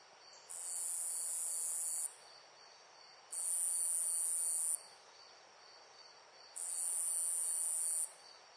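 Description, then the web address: Insect buzzing in three long, high-pitched trilled bursts, each lasting over a second, with quieter gaps between them and a faint hiss of surroundings underneath. Loud insect chirps in a nature ambience. "SFXBible ambience-nature-birds-loud-insect-chirps"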